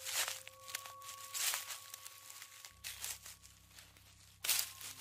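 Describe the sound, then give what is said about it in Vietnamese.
Slow, uneven footsteps crunch and crinkle through dry fallen leaves as someone comes slowly down a staircase at the edge of a porch, a handful of soft rustling bursts spaced a second or so apart over a steady low hum. “Rồi chỉ vài giây sau đó, tiếng lẹp xẹp như có tiếng người bước chân ở mép bên thềm đang dẫm lên những chiếc lá rơi từ trên lầu leo cầu thang đang chậm chậm đi xuống.”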